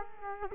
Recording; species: mosquito wingbeat signal from an infrared sensor; Culex quinquefasciatus